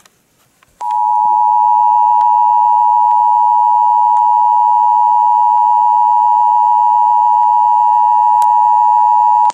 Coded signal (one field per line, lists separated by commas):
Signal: Emergency Alert System (SAME) tones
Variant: 853 and 960 Hz attention tone